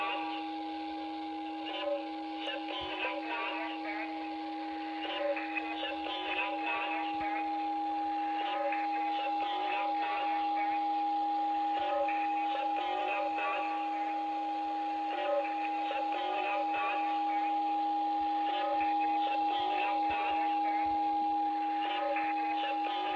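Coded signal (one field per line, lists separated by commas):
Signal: numbers station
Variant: S06s, Russian female voice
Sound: female voice reading short words over shortwave, with steady whistling tones underneath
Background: radio static, heterodyne whistles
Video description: Der Zahlensender S06s, Russian Lady ist auf allen drei Empfängern gut hörbar.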